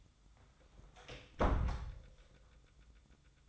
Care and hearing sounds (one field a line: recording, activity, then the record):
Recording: daily activity, microphone in the room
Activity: close door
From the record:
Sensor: 3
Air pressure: 1004.9 hPa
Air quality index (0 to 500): 77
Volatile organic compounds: 2 ppm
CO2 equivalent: 1157 ppm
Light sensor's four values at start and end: 8/19/8/7 and 8/19/8/7